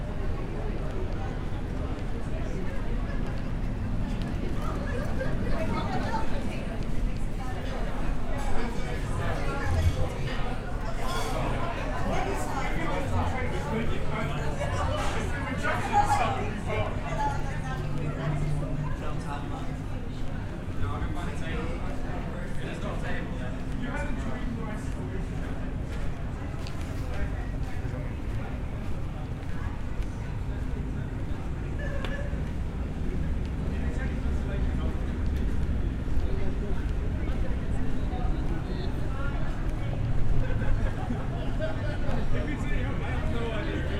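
Bustling crowds fill a historic city street with steady, overlapping chatter, several voices rising above the general babble. A constant low rumble of traffic runs underneath, with scattered sharp taps and clicks throughout, and the level stays even for the whole stretch.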